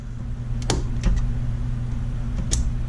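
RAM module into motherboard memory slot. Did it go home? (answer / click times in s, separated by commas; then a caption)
yes / 0.7 s, 2.5 s. A RAM module is pushed into its motherboard DIMM slot and the retaining tab is popped in. Two sharp clicks ring out at about 0.7 s and 2.5 s over a low steady hum, with fainter ticks around 0.6 s and 1.0 s. The clips click on both sides and the module is seated.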